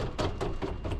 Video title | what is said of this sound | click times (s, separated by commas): [THULE] BMW 3gt 차위에 짐 모션 XT XL 화이트 툴레 루프박스 사용방법과 장점 | 보시면 되는데 어느 정도의 힘이 받은 상태에서 더 2위 지나 보시면 딱 딱 딱 딱 소리가 나요 | 0.4 s, 0.6 s, 0.8 s